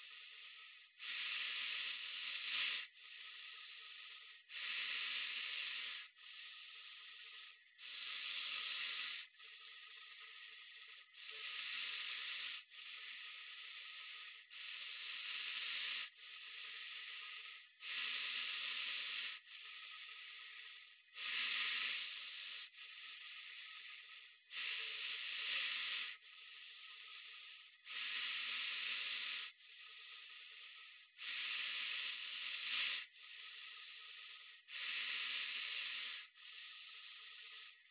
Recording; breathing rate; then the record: paced breathing near a phone; 18 breaths a minute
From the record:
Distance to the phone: 20 cm